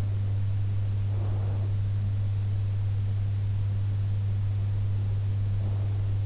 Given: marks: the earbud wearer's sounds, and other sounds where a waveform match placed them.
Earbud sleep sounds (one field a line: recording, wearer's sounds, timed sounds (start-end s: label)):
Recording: sounds in sleep by an in-ear microphone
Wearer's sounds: breath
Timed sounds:
1.00-1.91 s: breath